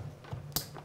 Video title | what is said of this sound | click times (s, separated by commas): Les Démos d'Estelle - Episode 3 - Avril 2021 | d'inverser des câbles et on a toujours le petit clic au niveau du raccordement voilà donc | 0.6 s